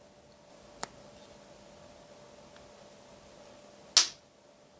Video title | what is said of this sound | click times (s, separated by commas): How to prepare cholera vaccine at home - Dukoral cholera vaccine | and you'll hear it click. | 4.0 s